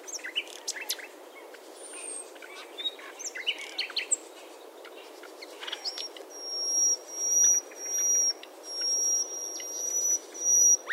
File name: Luscinia megarhynchos